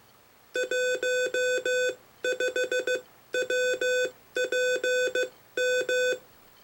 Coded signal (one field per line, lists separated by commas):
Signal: Morse code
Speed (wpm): 15 wpm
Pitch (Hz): 1500 Hz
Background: none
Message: 15 WPM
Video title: Morse Code and Ham Radio